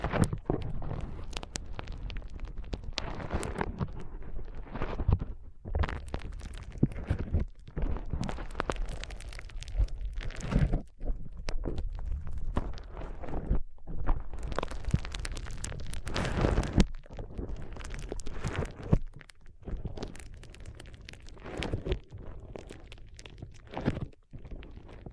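Foam being squeezed and rubbed for an ASMR brain massage, a dense, crackling rustle that fills the low and bright ranges together. Strokes come in irregular bursts every second or so, with brief near-silent gaps around 11, 14 and 24 seconds.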